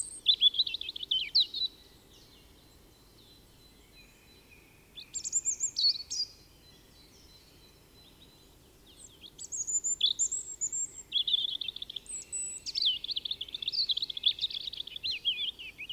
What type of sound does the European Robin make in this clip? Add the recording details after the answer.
song. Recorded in the wild. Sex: male. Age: adult. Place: Kaiserslautern, Rheinland-Pfalz, DE. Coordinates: 49.4372, 7.80972. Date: 1978-03-28. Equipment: Nagra IV, Sennheiser MKH 405, Parabolreflektor. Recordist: Tretzel, Erwin